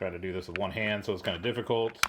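A cable plug with its plastic clip on top is pushed one-handed into a port on the back of a Verifone VX520 card payment terminal used with Elavon. Someone talks throughout, with a brief handling noise near the end. Nothing has seated or clicked yet.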